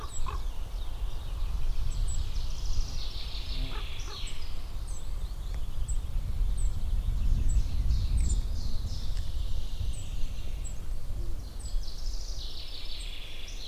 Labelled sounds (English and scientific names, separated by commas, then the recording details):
Common Chiffchaff (Phylloscopus collybita) song
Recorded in the wild
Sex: male
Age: adult
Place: Waldsieversdorf, Rotes Luch, Brandenburg, DE
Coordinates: 52.5408, 14.0453
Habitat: wood
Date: 1992-04-30 10:30
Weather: fair, 15°C
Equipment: Aiwa HD-S1, Sennheiser ME 80
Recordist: Frommolt, Karl-Heinz